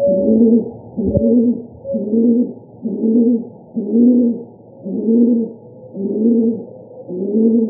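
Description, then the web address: Rock pigeon cooing: low, throaty, rolling coos repeated roughly once per second in a steady series, with a soft thump near the start. Arizona. "Doves AZFO. deviche"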